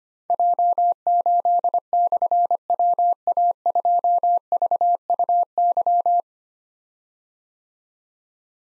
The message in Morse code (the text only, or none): J8/WA2VUY